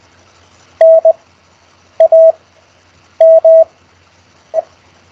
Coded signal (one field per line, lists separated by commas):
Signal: Morse code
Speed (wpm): 20 wpm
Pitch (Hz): 650 Hz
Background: none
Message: NAME